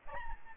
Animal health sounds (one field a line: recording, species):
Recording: mosquito wingbeat signal from an infrared sensor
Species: Aedes albopictus